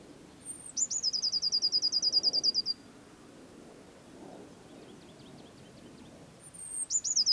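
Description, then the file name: Eurasian blue tit song: a thin high note, then a fast even trill of many notes lasting about two seconds; after a pause the next phrase begins. "Cyanistes caeruleus"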